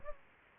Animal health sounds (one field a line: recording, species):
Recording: mosquito wingbeat signal from an infrared sensor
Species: Aedes aegypti